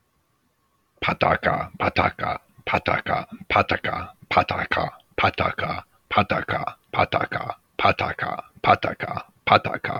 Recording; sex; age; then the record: repeated syllables /pa ta ka/; male; 50 to 59 years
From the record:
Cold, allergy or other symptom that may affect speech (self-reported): no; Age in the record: 58 years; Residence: Georgia, United States